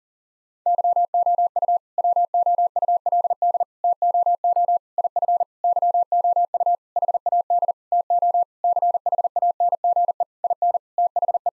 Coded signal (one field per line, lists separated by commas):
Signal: Morse code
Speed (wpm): 40 wpm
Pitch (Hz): 700 Hz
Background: none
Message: YOU WOULD TOO IF YOU HAD TO CHANGE IN THE